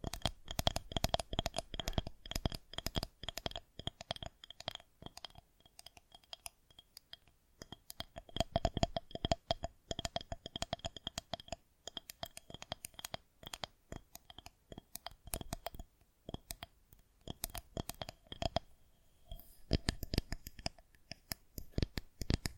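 A quiet assortment of tingly sounds: rapid, irregular taps, clicks and scratches packed densely throughout, with brief lulls near 7, 16 and 19 seconds. A faint steady ringing tone sits under the crisp tapping.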